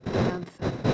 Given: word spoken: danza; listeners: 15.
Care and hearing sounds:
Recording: one Spanish word in noise, from a listening test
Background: noise modulated by one talker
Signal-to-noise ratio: -9.3 dB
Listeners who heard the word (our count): 1 of 15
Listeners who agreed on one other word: 6 of 15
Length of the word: 0.54 s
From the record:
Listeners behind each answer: 6, 3, 2, 1, 1, 1, 1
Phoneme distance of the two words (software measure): 10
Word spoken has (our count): 2 syllables, 5 phonemes, stress on syllable 1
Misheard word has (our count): 2 syllables, 5 phonemes, stress on syllable 1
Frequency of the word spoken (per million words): 33.90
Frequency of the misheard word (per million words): 20.54

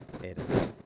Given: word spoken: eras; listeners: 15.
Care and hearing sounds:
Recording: one Spanish word in noise, from a listening test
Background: noise modulated by one talker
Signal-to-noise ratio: -12.7 dB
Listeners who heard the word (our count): 3 of 15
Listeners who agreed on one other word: 9 of 15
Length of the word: 0.46 s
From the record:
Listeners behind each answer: 9, 3, 2, 1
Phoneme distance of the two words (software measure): 10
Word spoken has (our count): 2 syllables, 4 phonemes, stress on syllable 1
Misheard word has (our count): 2 syllables, 4 phonemes, stress on syllable 1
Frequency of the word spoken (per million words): 9.53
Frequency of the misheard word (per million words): 74.81

